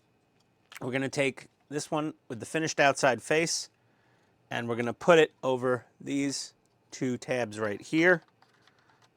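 A plastic elbow part with a finished outside face is handled and positioned over two tabs on the arm of a large-scale Generation 1 Optimus Prime model kit while someone talks. A few faint, light ticks are heard near the end, but nothing has seated or snapped into place yet.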